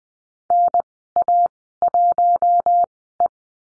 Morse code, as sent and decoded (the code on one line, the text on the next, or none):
-. .- .---- .
NA1E